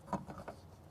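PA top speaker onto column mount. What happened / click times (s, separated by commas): The speaker section is handled but not yet locked onto the column / none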